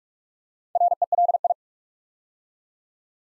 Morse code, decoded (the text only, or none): RELI